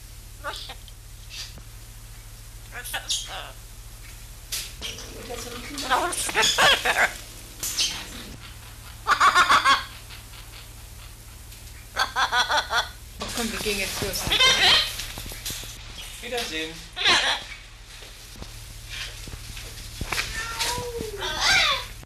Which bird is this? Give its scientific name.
Ara ararauna